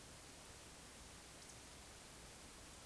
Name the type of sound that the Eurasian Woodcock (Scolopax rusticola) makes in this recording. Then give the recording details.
whistle. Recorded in Baden-Württemberg, Germany, on 11 June 2021 at 20:25 UTC. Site 24606, 635 m above sea level